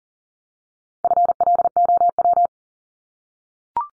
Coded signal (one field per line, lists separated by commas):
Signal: Morse code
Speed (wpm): 40 wpm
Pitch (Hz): 700 Hz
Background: none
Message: FLOW